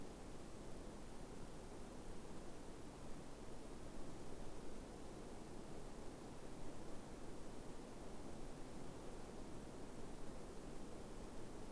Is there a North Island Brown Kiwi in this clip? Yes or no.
no